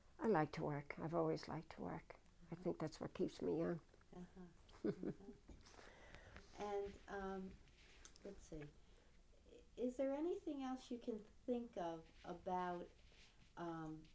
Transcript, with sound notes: I like to work. I've always liked to work. I think that's what keeps me young. ( she laughs )
And, um, let's see. Is there anything else you can think of about, um,